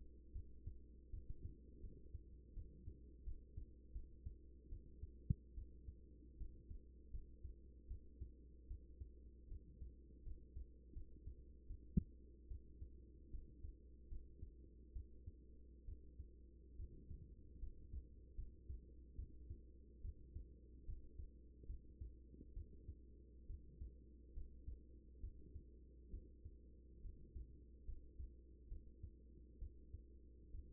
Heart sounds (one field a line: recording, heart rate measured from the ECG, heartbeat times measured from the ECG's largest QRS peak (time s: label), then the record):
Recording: heart sounds by stethoscope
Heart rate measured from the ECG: 74 bpm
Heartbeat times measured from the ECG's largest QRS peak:
0.32 s: heartbeat
1.10 s: heartbeat
1.80 s: heartbeat
2.53 s: heartbeat
3.23 s: heartbeat
3.92 s: heartbeat
4.69 s: heartbeat
5.54 s: heartbeat
6.37 s: heartbeat
7.11 s: heartbeat
7.87 s: heartbeat
8.67 s: heartbeat
9.48 s: heartbeat
10.23 s: heartbeat
10.93 s: heartbeat
11.67 s: heartbeat
12.48 s: heartbeat
13.30 s: heartbeat
14.08 s: heartbeat
14.92 s: heartbeat
15.85 s: heartbeat
16.76 s: heartbeat
17.59 s: heartbeat
18.35 s: heartbeat
19.15 s: heartbeat
20.01 s: heartbeat
20.85 s: heartbeat
21.66 s: heartbeat
22.53 s: heartbeat
23.46 s: heartbeat
24.33 s: heartbeat
25.20 s: heartbeat
26.10 s: heartbeat
27.01 s: heartbeat
27.85 s: heartbeat
28.68 s: heartbeat
29.58 s: heartbeat
30.51 s: heartbeat
From the record:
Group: healthy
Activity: rest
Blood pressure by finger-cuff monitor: 115/66 mmHg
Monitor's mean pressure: 84 mmHg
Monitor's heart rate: 72 bpm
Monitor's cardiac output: 6.5 L/min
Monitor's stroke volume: 88 mL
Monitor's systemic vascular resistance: 970 dyn s/cm5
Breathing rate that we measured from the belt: 17 breaths a minute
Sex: female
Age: 24 years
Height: 163 cm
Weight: 55.7 kg